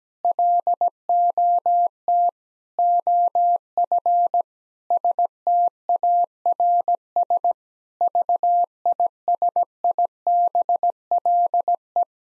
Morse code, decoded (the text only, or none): LOT OF STARS VISIBLE